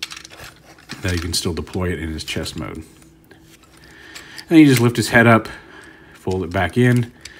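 Someone talks while handling a Transformers Cyberverse Ultimate Class Optimus Prime plastic transforming action figure, lifting its head and folding the chest gimmick panel back toward the torso. Short plastic handling taps come near the start and faintly around 3.2 to 4.2 seconds. Nothing has seated or clicked yet.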